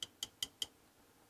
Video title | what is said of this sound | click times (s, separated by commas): Spider drill accessories | and that locks in place like that that's good that's | 0.0 s, 0.2 s, 0.4 s, 0.6 s